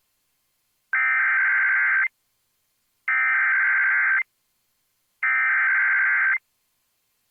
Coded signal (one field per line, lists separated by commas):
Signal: Emergency Alert System (SAME) tones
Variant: header bursts